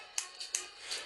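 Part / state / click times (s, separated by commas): forceps ratchet locking onto folded rubber catapult band / seated / 0.2 s, 0.6 s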